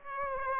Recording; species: mosquito wingbeat signal from an infrared sensor; Aedes aegypti